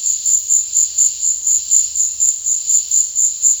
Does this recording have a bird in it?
no